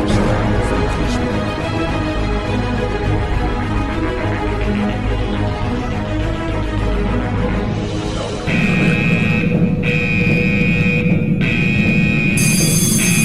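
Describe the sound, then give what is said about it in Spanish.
A dense, rumbling wash of sound gives way to a red alert alarm: a high electronic tone blaring in repeated steady pulses over a loud low drone. “Alarma roja. Alarma roja. Se ha detectado riesgo de spoiler en el área.”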